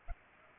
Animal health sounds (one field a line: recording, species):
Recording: mosquito wingbeat signal from an infrared sensor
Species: Culex pipiens